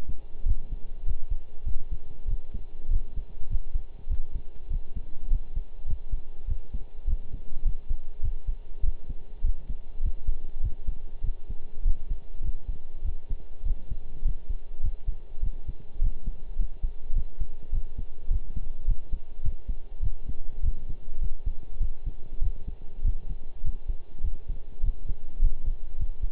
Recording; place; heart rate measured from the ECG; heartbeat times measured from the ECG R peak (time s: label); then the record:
heart sounds by stethoscope; between the tricuspid and mitral areas; 101 bpm
0.46 s: heartbeat
1.06 s: heartbeat
1.66 s: heartbeat
2.27 s: heartbeat
2.90 s: heartbeat
3.50 s: heartbeat
4.09 s: heartbeat
4.70 s: heartbeat
5.30 s: heartbeat
5.88 s: heartbeat
6.47 s: heartbeat
7.07 s: heartbeat
7.65 s: heartbeat
8.23 s: heartbeat
8.83 s: heartbeat
9.44 s: heartbeat
10.03 s: heartbeat
10.63 s: heartbeat
11.23 s: heartbeat
11.85 s: heartbeat
12.44 s: heartbeat
13.04 s: heartbeat
13.65 s: heartbeat
14.25 s: heartbeat
14.83 s: heartbeat
15.42 s: heartbeat
16.01 s: heartbeat
16.59 s: heartbeat
17.15 s: heartbeat
17.72 s: heartbeat
18.30 s: heartbeat
18.87 s: heartbeat
19.43 s: heartbeat
20.02 s: heartbeat
20.63 s: heartbeat
21.21 s: heartbeat
21.80 s: heartbeat
22.41 s: heartbeat
23.04 s: heartbeat
23.64 s: heartbeat
24.23 s: heartbeat
24.83 s: heartbeat
25.42 s: heartbeat
25.99 s: heartbeat
From the record:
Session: pedaling a stationary bicycle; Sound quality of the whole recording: partially saturated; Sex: male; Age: 23 years